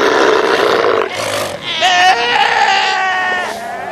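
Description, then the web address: South American sea lion calls: a loud hoarse roar, then wavering harmonic bleats and moans that overlap, with other calls behind. "earth naturelibrary assets s so south american sea lion"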